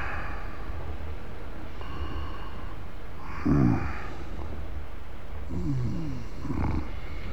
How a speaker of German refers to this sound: Hey, Sie. Ja? Sie schnarchen. Ja. Träumen Sie? Ja. Sie schnarchen.